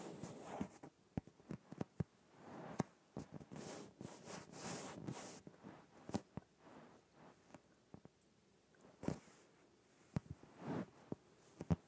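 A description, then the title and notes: An inflated yoga ball is handled, with sharp clicks and knocks scattered irregularly through the clip. Between them come rubbery rubs and squeaks, a longer bright hissing scrape around four to five seconds, and further bursts near nine and eleven seconds. ASMR Inflated Yoga Ball.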